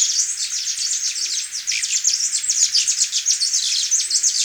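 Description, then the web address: Tyrian metaltail producing a steady, very high, buzzy twitter of rapid overlapping notes throughout, with barely a pause. Recorded in Ecuador. "Natures Songs S America Birds of Ecuador. Tyrian Metaltail"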